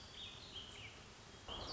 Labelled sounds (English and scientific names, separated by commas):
Warbling Vireo (Vireo gilvus)